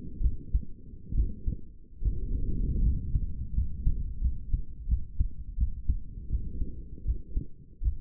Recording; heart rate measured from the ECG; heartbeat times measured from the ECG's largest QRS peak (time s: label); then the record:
heart sounds by stethoscope; 79 bpm
0.21 s: heartbeat
1.14 s: heartbeat
2.02 s: heartbeat
2.82 s: heartbeat
3.54 s: heartbeat
4.21 s: heartbeat
4.88 s: heartbeat
5.57 s: heartbeat
6.29 s: heartbeat
7.04 s: heartbeat
7.81 s: heartbeat
From the record:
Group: healthy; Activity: rest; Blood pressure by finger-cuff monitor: 109/76 mmHg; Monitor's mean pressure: 84 mmHg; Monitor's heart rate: 73 bpm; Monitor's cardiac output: 5.9 L/min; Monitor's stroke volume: 71 mL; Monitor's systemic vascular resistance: 1040 dyn s/cm5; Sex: male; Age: 21 years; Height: 170 cm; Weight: 71 kg